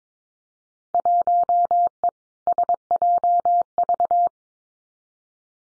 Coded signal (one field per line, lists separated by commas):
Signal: Morse code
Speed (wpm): 22 wpm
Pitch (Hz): 700 Hz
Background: none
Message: 1E SJV